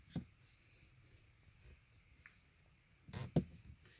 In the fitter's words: kind of snaps into place there so if